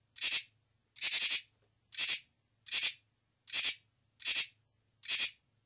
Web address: Crickets and Katydids Pteryphylla camellifolia, male calls